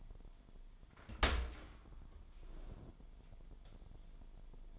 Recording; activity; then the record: daily activity, microphone in the room; open dishwasher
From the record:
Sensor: 5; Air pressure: 998.4 hPa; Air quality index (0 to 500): 84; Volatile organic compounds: 1 ppm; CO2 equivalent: 962 ppm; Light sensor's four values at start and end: 20/47/20/22 and 20/48/20/22